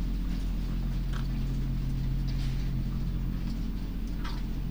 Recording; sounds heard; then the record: poultry house recording; sick chickens (respiratory disease)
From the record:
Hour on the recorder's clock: 22